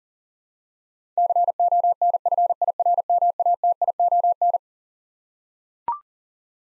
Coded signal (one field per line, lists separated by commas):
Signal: Morse code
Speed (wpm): 40 wpm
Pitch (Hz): 700 Hz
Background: none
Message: CONFIRMATION